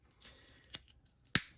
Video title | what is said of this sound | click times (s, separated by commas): Star Wars Micro Galaxy Squadron Anakin Skywalker's Jedi Interceptor Review and Comparison | go ahead and shut that click it and then | 1.3 s